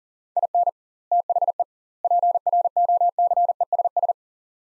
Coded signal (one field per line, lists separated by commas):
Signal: Morse code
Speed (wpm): 40 wpm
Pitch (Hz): 700 Hz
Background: none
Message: IN THE PROCESS